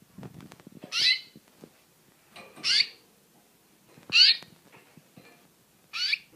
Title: Burung Anis Merah